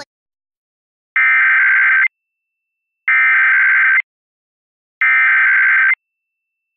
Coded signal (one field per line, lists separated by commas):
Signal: Emergency Alert System (SAME) tones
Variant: header bursts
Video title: EAS During Pinkalicious And Peterrific (7-19-23 WETA-DT1)